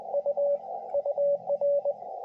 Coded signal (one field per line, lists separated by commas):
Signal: Morse code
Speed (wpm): 22 wpm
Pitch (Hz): 560 Hz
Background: radio noise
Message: U UR